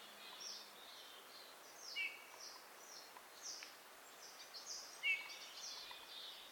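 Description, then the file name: Eurasian bullfinch uttering two brief, soft piping notes several seconds apart amid scattered high twittering from other birds. "Pyrrhula pyrrhula"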